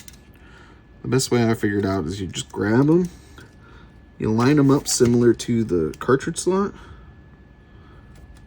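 A small button part is handled and lined up with the housing of a New 3DS XL handheld game console during reassembly, aligned the same way as the cartridge slot, while someone talks. A few faint taps and handling noises occur at about 0.1 s and 3.4 s. Nothing has seated or clicked yet.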